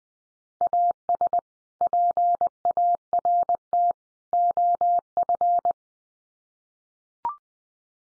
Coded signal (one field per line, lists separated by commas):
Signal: Morse code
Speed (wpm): 20 wpm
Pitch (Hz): 700 Hz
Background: none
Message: AS PART OF